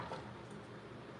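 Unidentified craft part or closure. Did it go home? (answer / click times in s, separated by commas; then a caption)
no / none. A craft part is handled while fall refrigerator magnets are made from corks, after a first try failed to snap it shut. Only soft handling noise over a low, steady background is heard, with a brief brighter rustle near 0.1 s. Nothing has seated or clicked yet.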